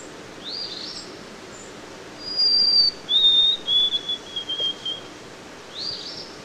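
White-throated sparrow song: a clear high whistle held about half a second, then a slightly lower series of short, stuttering whistled notes; faint other notes before and after.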